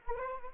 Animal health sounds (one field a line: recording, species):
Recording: mosquito wingbeat signal from an infrared sensor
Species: Anopheles arabiensis